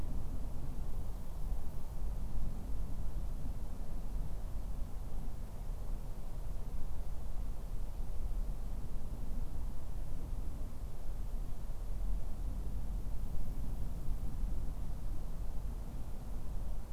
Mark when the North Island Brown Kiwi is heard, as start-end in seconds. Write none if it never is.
none